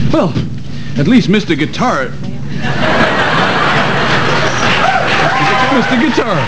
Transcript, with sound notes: well, at least mr.guitar.... (laughing) mr.guitar!